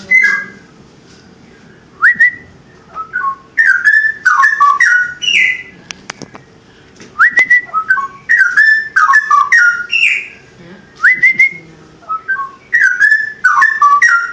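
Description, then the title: Oriental magpie-robin singing rich whistled phrases with rising slurs, delivered in several separate bursts with brief quiet gaps between them. "Kicau Kacer"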